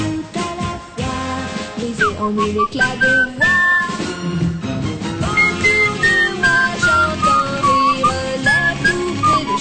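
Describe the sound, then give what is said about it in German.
Several people whistle a tune together, their high, wavering tones overlapping and sliding between notes, steady and fairly loud throughout with no talking. “Das ist immer ein schöner Pfeifenchor.”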